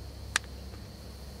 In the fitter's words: and Hope hopefully you heard that snap